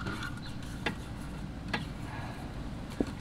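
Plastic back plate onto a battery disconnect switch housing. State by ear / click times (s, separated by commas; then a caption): seated / 0.9 s, 1.7 s. The plastic back plate of a battery disconnect switch for a Jayco Hummingbird 10RK camper is pressed back onto the switch body after the cables are fitted. Two sharp snaps ring out at 0.9 s and 1.7 s over a steady low background hum, followed by a fainter knock at 3.0 s. The plate is seated on the switch housing.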